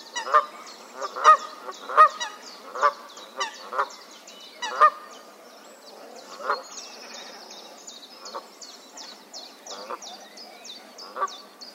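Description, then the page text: Canada goose honking, a run of loud honks that fades into softer, scattered calls, accompanied by high-pitched chirps. "Herman van der Meer - Канадская казарка (Branta canadensis)"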